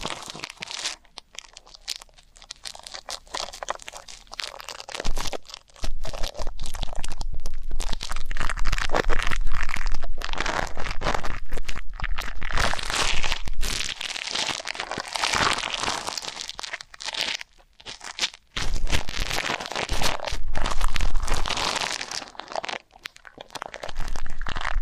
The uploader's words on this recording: ASMR Deep Ear Canal & Eardrum Cleaning (No Talking).